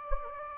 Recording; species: mosquito wingbeat signal from an infrared sensor; Anopheles gambiae